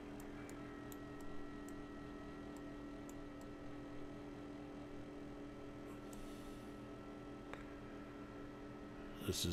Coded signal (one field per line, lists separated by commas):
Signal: FT8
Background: speech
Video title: Unlocking FT8: Live Q&A for New HAMs! Get Started with Digital Modes